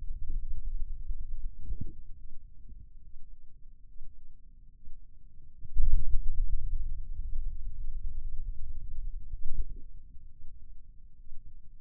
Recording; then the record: forearm muscle sounds (acoustic myography)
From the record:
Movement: ulnar deviation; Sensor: system 2, bracelet of six BSWA MPA416 microphones around the upper forearm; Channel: 5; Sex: male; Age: 22 years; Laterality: right